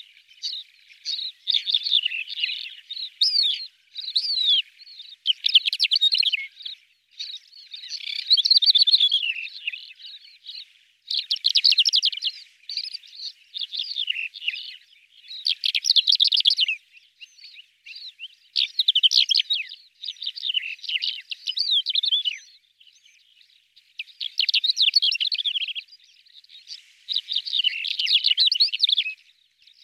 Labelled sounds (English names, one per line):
Greater Short-toed Lark song